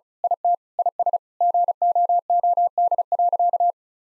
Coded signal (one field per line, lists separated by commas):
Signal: Morse code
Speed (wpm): 36 wpm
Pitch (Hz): 700 Hz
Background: none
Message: IT IS GOOD.